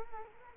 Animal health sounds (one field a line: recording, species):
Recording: mosquito wingbeat signal from an infrared sensor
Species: Culex quinquefasciatus